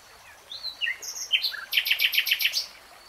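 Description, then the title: Nightingale song: scattered varied whistles and chirps, then a rapid run of six or seven loud clipped notes. From a 3-hour real-time recording. "[Tiếng chim hót] Nightingale Singing"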